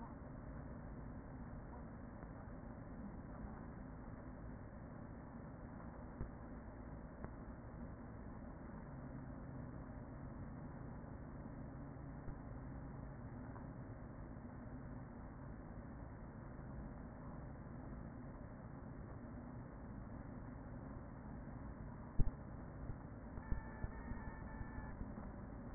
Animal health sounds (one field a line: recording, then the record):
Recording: honeybee colony, microphone inside the hive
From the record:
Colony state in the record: queen present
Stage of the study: after two queens were removed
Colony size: about 40,000 bees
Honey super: no